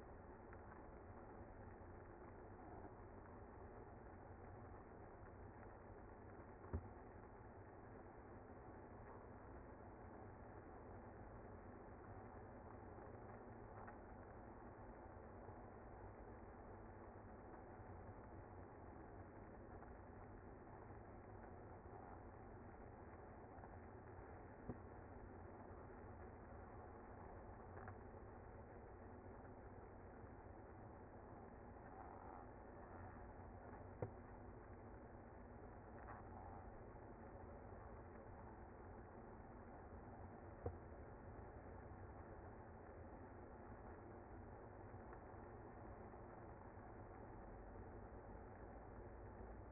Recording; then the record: honeybee colony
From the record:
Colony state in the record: active